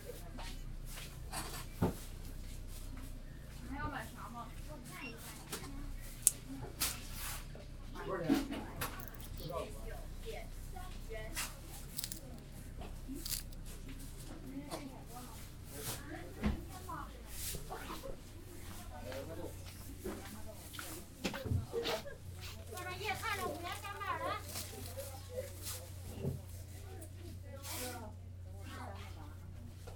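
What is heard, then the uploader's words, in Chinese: Going to eat small noodles at a hutong eatery: people talk throughout, several voices overlapping in a steady chatter. Sharp clicks and knocks, like dishes or utensils, break in every few seconds, over a low constant hum that shifts pitch slightly near the end. 去香饵胡同吃小面｜城市声音。下午。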